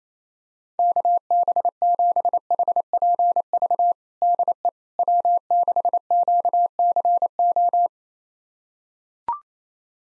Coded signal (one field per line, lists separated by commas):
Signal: Morse code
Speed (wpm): 27 wpm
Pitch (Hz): 700 Hz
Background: none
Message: KB7HPV DE W6QCO